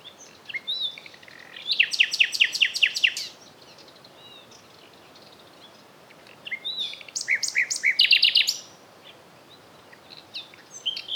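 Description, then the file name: Common nightingale song: two loud bursts of rapid, repeated high notes, each lasting about two seconds, separated by several seconds of quiet. "Luscinia megarhynchos"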